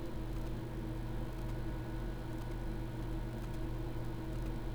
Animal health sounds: poultry house recording; no chicken sound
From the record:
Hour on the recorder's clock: 13

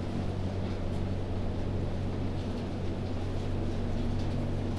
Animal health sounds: poultry house recording; no chicken sound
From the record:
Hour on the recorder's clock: 2

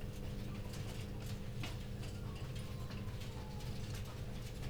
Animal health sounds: poultry house recording; healthy chickens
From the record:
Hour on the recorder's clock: 19

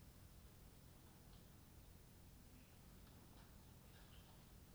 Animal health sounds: poultry house recording; no chicken sound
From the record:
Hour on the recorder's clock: 21

